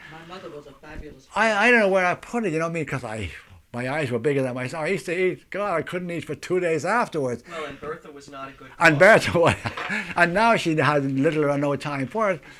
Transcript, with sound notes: My mother was a fabulous cook.
I don't know where I put it, you know what I mean, 'cause my eyes were bigger than my stomach. I used to eat, God, I couldn't eat for two days afterwards.
Well, and Bertha was not a good cook.
And Bertha was not. (he laughs) And now she has little or no time for it